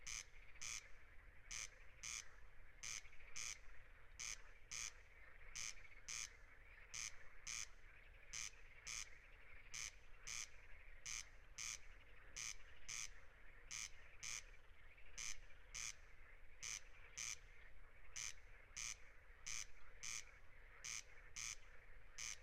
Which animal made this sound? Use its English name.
Corn Crake